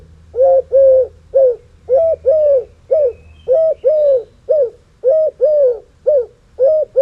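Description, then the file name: European turtle dove giving purring coos, notes often paired, repeated steadily throughout. Cooing on the nest. "golub cherepaha voet na gnezde"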